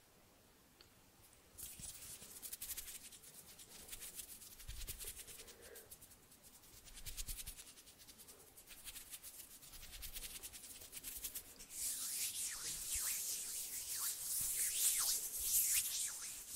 HAND SOUNDS, SNAPPING and FINGER FLUTTERING around the mic